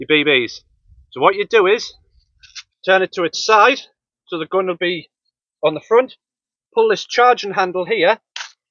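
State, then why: Seated. Someone talks while turning a Crosman ST1 airsoft rifle on its side and pulling its charging handle all the way back in the receiver. At 8.4 s the handle latches at full travel with a sharp click, seating it.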